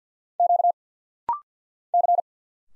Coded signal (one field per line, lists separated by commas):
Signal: Morse code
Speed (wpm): 50 wpm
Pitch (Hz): 700 Hz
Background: none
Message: Q C